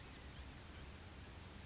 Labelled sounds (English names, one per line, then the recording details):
Blue-gray Gnatcatcher
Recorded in Sonoma County, California